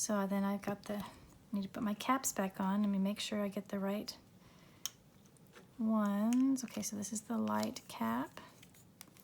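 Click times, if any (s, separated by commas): none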